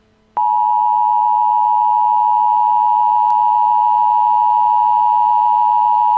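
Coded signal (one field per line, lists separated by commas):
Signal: Emergency Alert System (SAME) tones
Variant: 853 and 960 Hz attention tone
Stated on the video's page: EAS mockup recreating an alert for a fictional tornado-stricken town from a 1996 film.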